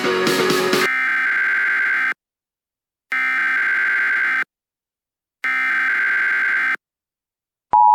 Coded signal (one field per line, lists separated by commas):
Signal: Emergency Alert System (SAME) tones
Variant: header bursts